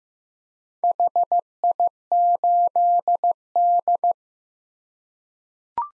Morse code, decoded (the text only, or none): HI8D